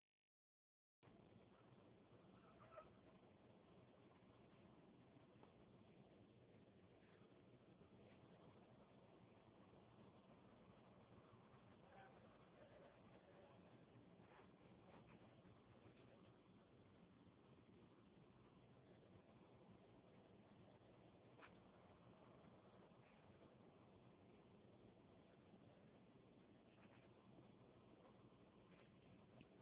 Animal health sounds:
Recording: mosquito flight sound by mobile phone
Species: Anopheles minimus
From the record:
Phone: Huawei 866C

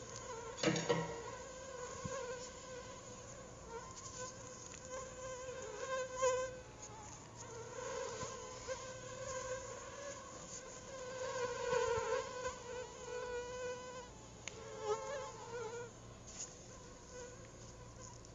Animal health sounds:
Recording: mosquito flight sound by mobile phone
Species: Anopheles arabiensis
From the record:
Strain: Rufisque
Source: CDC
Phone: Google Nexus

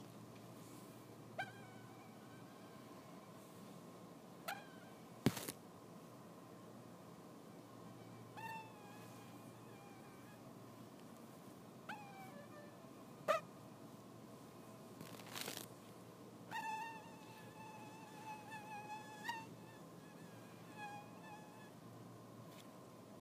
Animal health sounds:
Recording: mosquito flight sound by mobile phone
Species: Anopheles stephensi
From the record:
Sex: male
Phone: iPhone 6

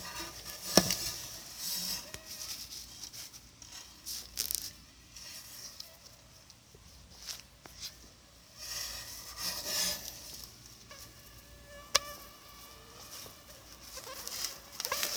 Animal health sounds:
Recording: mosquito flight sound by mobile phone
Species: Anopheles arabiensis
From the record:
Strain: Dongola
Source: CDC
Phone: Sony Xperia

